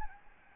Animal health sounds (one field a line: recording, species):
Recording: mosquito wingbeat signal from an infrared sensor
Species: Aedes albopictus